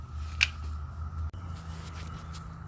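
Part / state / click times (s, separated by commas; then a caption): plastic evaporator fan cover onto refrigerator fan housing / seated / 0.4 s. A plastic evaporator fan cover is pushed back over the fan in a Frigidaire top-freezer refrigerator during an evaporator fan motor replacement, snapping into its clips with one sharp click at 0.4 s over a steady low hum. The cover is seated and fully snapped back in place.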